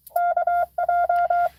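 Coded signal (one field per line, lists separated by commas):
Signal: Morse code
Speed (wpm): 25 wpm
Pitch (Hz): 700 Hz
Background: none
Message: KJ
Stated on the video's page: Parks on the air CW activation at a state park, live.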